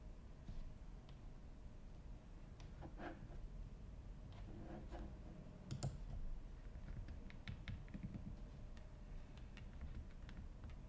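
Typing with irregular key clicks and occasional sharper taps, a louder click near six seconds, over a steady low rumble throughout.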